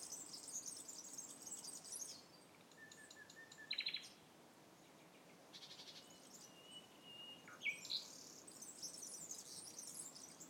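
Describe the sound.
Common nightingale song with drawn-out pure whistles, a quick series of pulsed notes and sharp high chips, alternating with hissy buzzy phrases and pauses.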